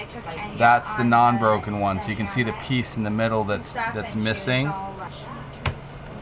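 Someone talks while a broken handle is compared with an intact one ahead of fitting the replacement handle pieces into their mount. A single sharp knock stands out near 5.7 s. Nothing has seated or clicked into place yet.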